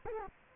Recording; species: mosquito wingbeat signal from an infrared sensor; Culex quinquefasciatus